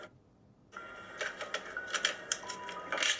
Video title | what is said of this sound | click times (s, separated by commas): Repairing Electronics Live!!! | Now that clicks in place. | 2.3 s